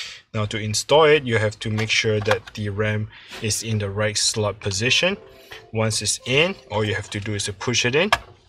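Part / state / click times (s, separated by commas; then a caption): RAM module into desktop motherboard DIMM slot / not seated / none. A DDR4 RAM stick is handled and lined up with its motherboard slot in an Acer Nitro N50-640 desktop, ready to be pushed down until the retaining clip snaps shut. Someone talks throughout, with only faint handling sounds underneath. Nothing has seated or clicked yet when the clip ends.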